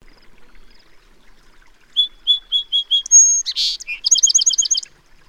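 Bird song: five even whistled notes, a long high whistle, a harsh rasping burst, then a fast run of bright repeated notes before falling silent.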